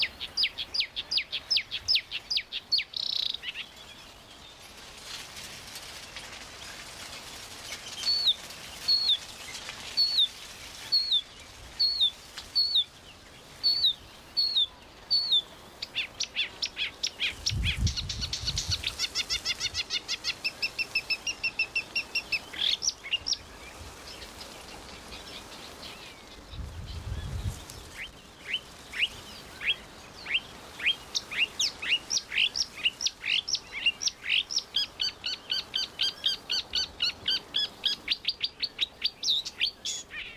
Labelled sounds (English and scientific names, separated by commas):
Marsh Warbler (Acrocephalus palustris) song